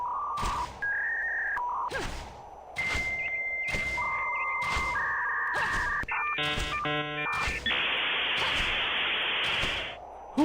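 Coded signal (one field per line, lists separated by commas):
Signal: dial-up modem handshake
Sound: steady tones, a long high answer tone, chirping warbles, then loud rushing hiss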